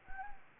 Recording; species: mosquito wingbeat signal from an infrared sensor; Anopheles gambiae